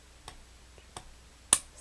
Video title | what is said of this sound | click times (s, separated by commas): Black Diamond Storm 160 lumens Headlamp Review | positions that you could do hopefully you heard clicking | 0.3 s, 1.0 s, 1.5 s